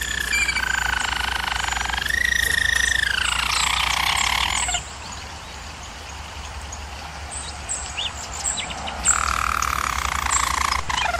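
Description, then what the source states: German Roller canary singing descending rolled trills, a quieter middle stretch with faint chirps, then the rolling song resumes. German Roller canary singing, used for canary training.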